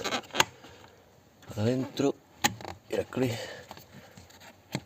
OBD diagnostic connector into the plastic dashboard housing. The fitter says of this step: sie uns zugewandt einsetzen und ihn einrasten lassen